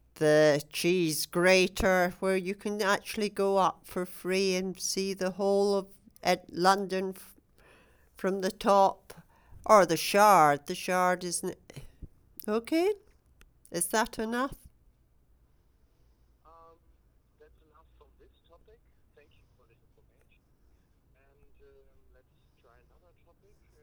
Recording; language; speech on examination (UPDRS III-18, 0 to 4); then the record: conversation on a phone call; English; 0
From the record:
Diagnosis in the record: healthy control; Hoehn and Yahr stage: 0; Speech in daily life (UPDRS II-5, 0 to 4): 0